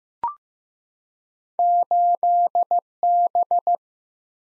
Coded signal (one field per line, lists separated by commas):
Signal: Morse code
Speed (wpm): 15 wpm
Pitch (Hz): 700 Hz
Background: none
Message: 8B